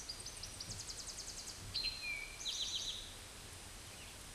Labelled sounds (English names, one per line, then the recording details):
Eastern Towhee song
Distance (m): 30 m
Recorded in a Pennsylvania forest on 17 May 2023 at 12:10
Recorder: AudioMoth, point grid1_41_low
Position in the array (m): 115 m, 214 m